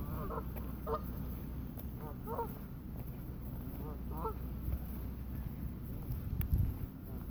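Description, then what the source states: Goose honks, a few nasal stacked calls, fairly faint beneath steady wind roar. Geese recorded in wind.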